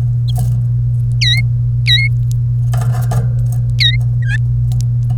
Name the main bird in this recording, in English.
Domestic Canary